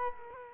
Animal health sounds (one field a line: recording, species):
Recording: mosquito wingbeat signal from an infrared sensor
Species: Culex quinquefasciatus